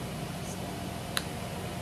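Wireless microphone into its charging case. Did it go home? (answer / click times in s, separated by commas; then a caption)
yes / 1.2 s. A wireless microphone is pushed into its charging case and snaps into place with a single sharp click at 1.2 seconds, so it is seated. The click stands out over a steady low background hum.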